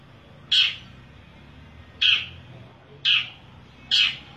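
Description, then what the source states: Long-tailed shrike giving four short, harsh, scratchy notes at uneven intervals. Combination song.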